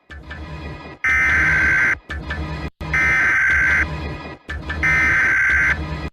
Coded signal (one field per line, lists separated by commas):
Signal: Emergency Alert System (SAME) tones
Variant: header bursts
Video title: eas scenario catemojibabyheat the young country bombers vs emoji baby abuse part 35 welcome to palo